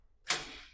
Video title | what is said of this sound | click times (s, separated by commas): Make Your Garage Bigger With This Trick! | boom, locks in place, and it is good to go. | 0.3 s